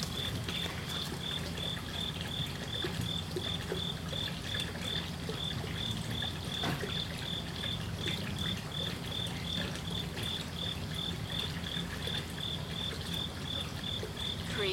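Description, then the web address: Cricket chirps in a fast, even pulsing trill running without pause, over constant low background rumble. Crickets recorded at a koi pond. "lynne-publishing Koi Pond With Crickets"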